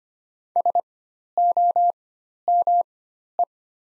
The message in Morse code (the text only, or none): SOME